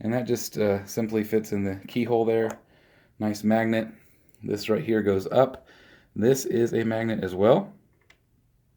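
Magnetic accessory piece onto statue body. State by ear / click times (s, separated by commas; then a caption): seated / 8.1 s. Someone talks while handling a detachable piece of a 1/4 scale resin statue that is held on by a magnet. After the talking stops, a small click at about 8.0 s is followed by a sharper snap at 8.1 s as the magnet pulls the piece back into place on the statue body, seating it.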